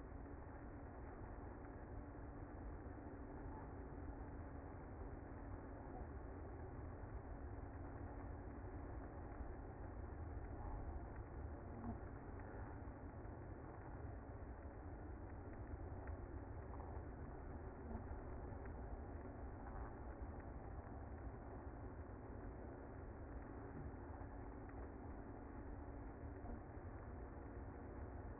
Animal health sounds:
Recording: honeybee colony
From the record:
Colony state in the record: active

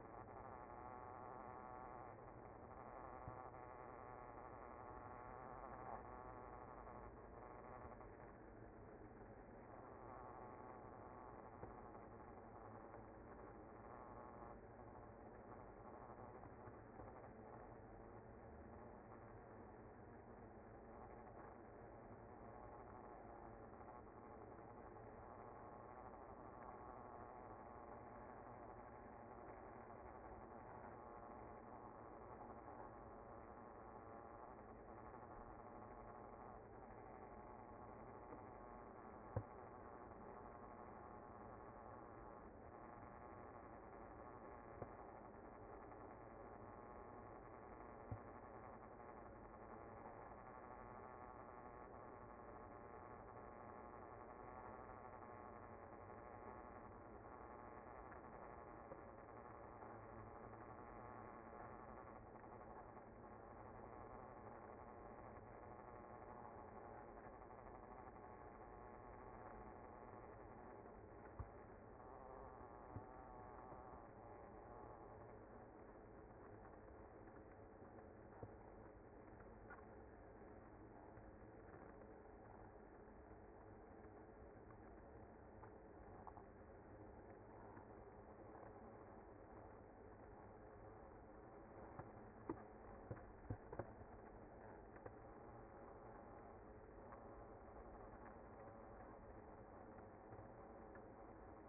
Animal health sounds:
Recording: honeybee colony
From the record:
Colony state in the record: active

